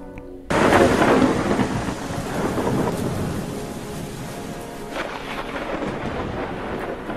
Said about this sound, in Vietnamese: Trong lúc người ta còn đang rối loạn chưa biết làm sao thì đột nhiên trời nổi cơn giông gió, sấm chớp lóe sáng như muốn rạch nát bầu trời. Rồi kế tiếp, mưa bắt đầu đổ xuống như chút nước.